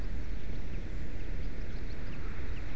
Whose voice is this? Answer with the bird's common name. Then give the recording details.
Common Chaffinch. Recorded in Germany. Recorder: ecoPi